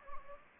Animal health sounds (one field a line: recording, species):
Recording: mosquito wingbeat signal from an infrared sensor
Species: Anopheles gambiae